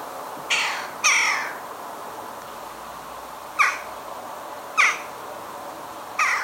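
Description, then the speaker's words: Western jackdaw call, harsh squeaky 'tchak' notes, two close together, then three more well spaced out. Main call, which sounds petulant, as if upset; heard in a garden in the UK. "Their main call sounds petulant to me, like they're upset things aren't going their way."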